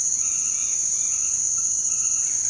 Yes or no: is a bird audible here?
no